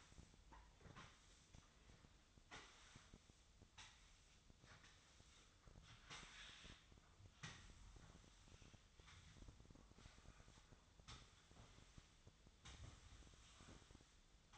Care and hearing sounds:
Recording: daily activity, microphone in the room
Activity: sweep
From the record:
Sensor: 3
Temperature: 24.4 degrees Celsius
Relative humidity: 34.2%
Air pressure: 1004.7 hPa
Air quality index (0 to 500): 87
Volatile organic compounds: 3 ppm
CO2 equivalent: 1326 ppm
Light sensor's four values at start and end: 7/17/7/6 and 7/17/7/6

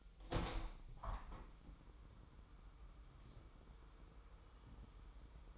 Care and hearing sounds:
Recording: daily activity, microphone in the room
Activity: open window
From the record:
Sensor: 1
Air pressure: 1000.2 hPa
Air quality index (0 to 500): 240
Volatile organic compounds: 118 ppm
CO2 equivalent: 3862 ppm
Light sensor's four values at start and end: 10/25/10/11 and 11/27/11/12

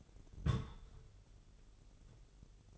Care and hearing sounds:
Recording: daily activity, microphone in the room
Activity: place on stove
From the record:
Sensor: 4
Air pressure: 989.1 hPa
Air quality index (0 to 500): 208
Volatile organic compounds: 55 ppm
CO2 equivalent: 3362 ppm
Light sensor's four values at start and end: 29/98/36/38 and 29/97/36/38

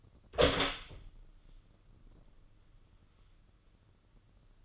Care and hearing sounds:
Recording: daily activity, microphone in the room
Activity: open door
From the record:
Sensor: 4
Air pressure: 995.2 hPa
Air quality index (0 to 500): 186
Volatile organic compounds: 101 ppm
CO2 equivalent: 3760 ppm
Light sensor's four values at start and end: 5/12/5/5 and 21/56/21/25

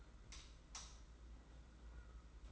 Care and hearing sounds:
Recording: daily activity, microphone in the room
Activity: light off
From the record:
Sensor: 3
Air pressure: 991.9 hPa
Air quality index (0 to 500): 219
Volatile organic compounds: 1000 ppm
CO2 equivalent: 7511 ppm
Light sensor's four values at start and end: 22/58/23/21 and 16/38/15/14

